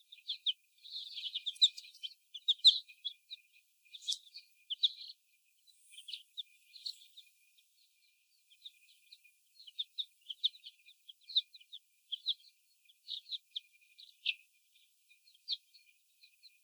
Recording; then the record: young laying hens in a cage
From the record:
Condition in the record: before the stressor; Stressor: sudden umbrella opening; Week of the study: 1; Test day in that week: 1